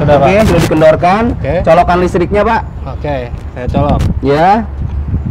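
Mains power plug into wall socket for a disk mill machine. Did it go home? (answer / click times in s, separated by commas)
no / none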